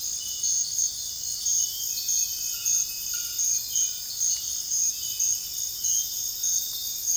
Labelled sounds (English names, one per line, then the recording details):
none
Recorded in secondary vegetation near Puerto Asís, Putumayo, Colombia, on 20 February 2024 at 05:00
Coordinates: 0.481, -76.323
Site G6376